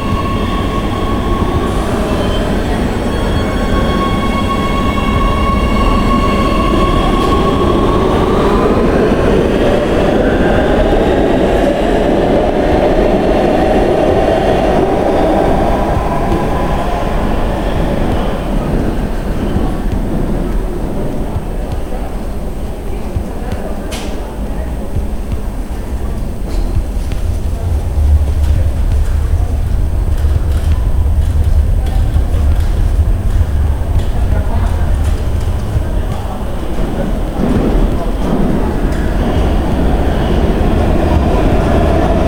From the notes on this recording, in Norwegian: et dalføre av susende vind, gjennom regn og maskiner, dyp bass fra et fyringsanlegg, vinylknitring, t-banestasjoner, sjø og regn